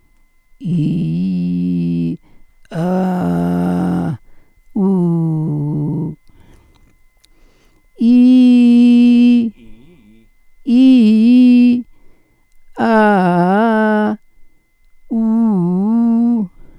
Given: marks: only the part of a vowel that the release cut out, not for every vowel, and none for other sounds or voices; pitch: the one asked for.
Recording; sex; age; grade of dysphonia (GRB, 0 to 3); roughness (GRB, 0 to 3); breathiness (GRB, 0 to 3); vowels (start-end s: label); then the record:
sustained vowels; female; 60 to 69 years; 1; 1; 1
0.84-2.04 s: vowel /i/, low pitch
2.81-4.08 s: vowel /a/, low pitch
4.98-6.01 s: vowel /u/, low pitch
10.72-11.71 s: vowel /i/, low-high-low pitch
12.88-14.05 s: vowel /a/, low-high-low pitch
15.17-16.36 s: vowel /u/, low-high-low pitch
From the record:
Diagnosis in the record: dysphonia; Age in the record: 68 years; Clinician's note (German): Beginnender Laryngospasmus